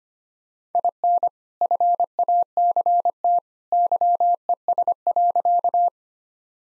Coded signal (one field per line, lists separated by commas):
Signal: Morse code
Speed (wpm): 25 wpm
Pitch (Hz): 700 Hz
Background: none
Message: IN FACT YES.